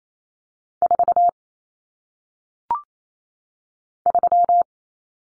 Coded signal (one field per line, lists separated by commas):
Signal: Morse code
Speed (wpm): 28 wpm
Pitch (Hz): 700 Hz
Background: none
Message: 4 3